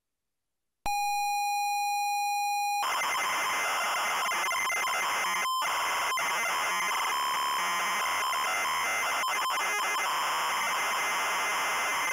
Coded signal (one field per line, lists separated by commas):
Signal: ZX Spectrum tape loading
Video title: The Addams Family (ZX Spectrum)